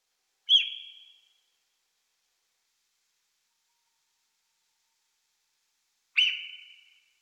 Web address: Sissonne. Muscardin cris